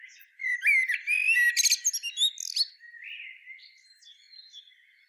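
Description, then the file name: Common blackbird song phrase: a short warbled run breaking into squeaky high twittering notes, then a faint, softer chattering tail fading away. "Turdus merula"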